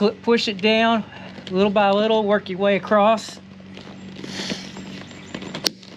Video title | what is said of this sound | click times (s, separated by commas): MAKEOVER YOUR FORD MUSTANG INTERIOR. COMPLETE HOW TO GUIDE 2005-2014. KONA BLUE / BRICK RED INTERIOR | And hear that snap? It's locking into place. | 5.7 s